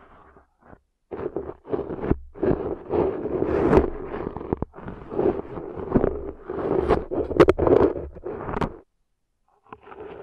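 Deep ear cleaning: dense, crackling scrapes and rustles run almost without pause from about one second to nearly nine, swelling and easing in uneven waves with a few sharper pops. The clip opens and closes mostly silent, broken only by faint brief taps.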